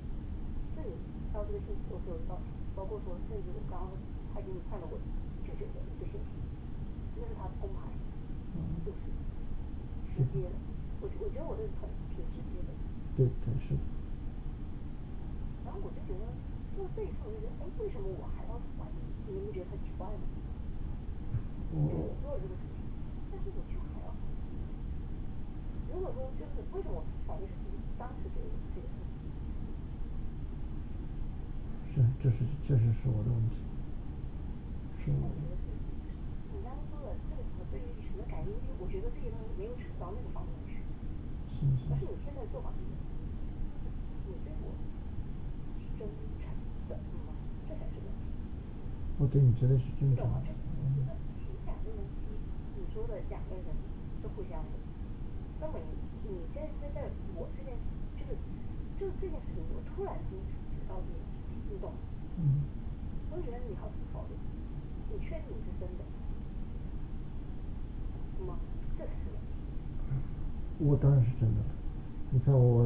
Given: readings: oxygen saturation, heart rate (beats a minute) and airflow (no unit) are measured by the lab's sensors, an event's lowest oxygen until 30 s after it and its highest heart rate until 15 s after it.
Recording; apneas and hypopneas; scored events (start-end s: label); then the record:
a person awake in a sleep study, by a smartphone at the bedside; none
0.00-72.86 s: awake
From the record:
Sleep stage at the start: awake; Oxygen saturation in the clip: 94 to 95%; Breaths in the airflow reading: 25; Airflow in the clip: -4.8 to 5.8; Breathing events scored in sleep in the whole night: 216 in 7.0 hours asleep